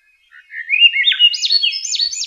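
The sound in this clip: Swainson's thrush giving a single upward-spiralling song phrase of looping notes that climb higher and higher.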